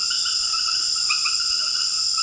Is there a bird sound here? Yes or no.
no